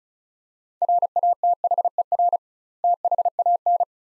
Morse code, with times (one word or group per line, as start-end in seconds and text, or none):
0.8-2.4 RATHER
2.8-3.8 THAN